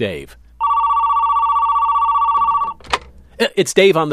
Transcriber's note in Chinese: Phone rings